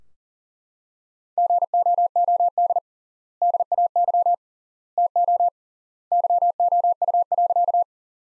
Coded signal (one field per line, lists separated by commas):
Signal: Morse code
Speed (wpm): 37 wpm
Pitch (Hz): 700 Hz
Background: none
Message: GOOD DAY TO YOU.